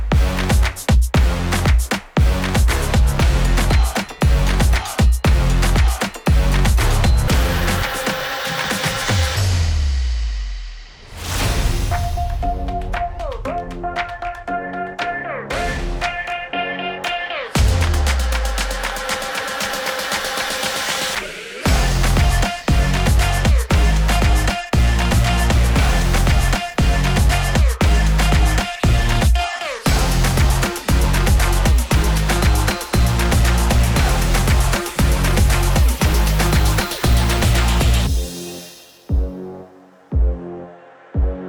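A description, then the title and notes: Fire dancers practice at night to loud, pounding dance music with a steady beat, briefly dropping out near eleven and twenty seconds before fading. Puerto Galera, Philippines at night. As we walk by the beach shore looking for booze we saw a group of fire dancers practicing before their actual performance for tourists.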